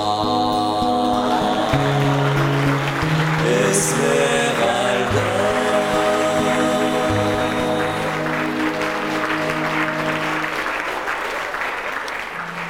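A song's closing instrumental notes ring out as an audience breaks into steady, loud applause, which carries on alone after the music stops and gradually thins out. No one speaks.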